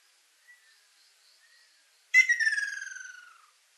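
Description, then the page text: Ruddy kingfisher call: a single loud, pulsed, descending trill lasting over a second and fading away, preceded by faint soft notes. Ryukyu subspecies bangsi, recorded 29 April 2000. "2000 000429 ryuukyuuakashoubin. Halcyon coromanda bangsi"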